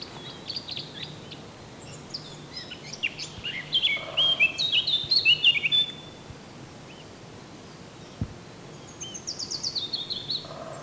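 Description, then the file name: Eurasian blackcap song: quick, chattering warble of varied high notes that builds to a louder phrase around the middle, then a softer second burst near the end. "Sylvia atricapilla"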